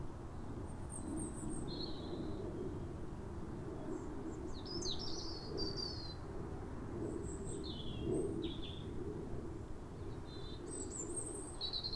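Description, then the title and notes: European robin song: scattered high, sweet whistled phrases and quick trills, varied in pitch, over a low rumbling background. Pair of robins in neighbouring gardens singing a duet at a clear, calm rosy sunrise at New Year in winter, after weeks of rain. "Sound Escape 150: Be uplifted by a chorus of New Year's robins. A pair of robins in neighbouring gardens welcome the early sun with wistful phrases as if chatting over the fence. Recorded by Fergus Collins. BBC Countryfile Magazine"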